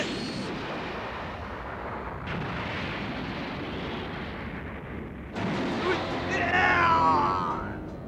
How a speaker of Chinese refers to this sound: 你这个混蛋，大爆炸攻击！